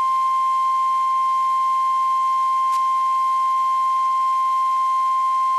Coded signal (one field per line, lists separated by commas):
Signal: Emergency Alert System (SAME) tones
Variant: 1050 Hz attention tone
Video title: WXK35 Cycle & Required Weekly Test (EAS 2406)